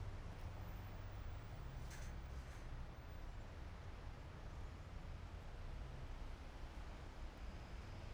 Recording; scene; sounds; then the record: everyday scene through a hearing-aid microphone; in traffic; traffic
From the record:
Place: main city hub, rush hour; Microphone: behind the ear, right, front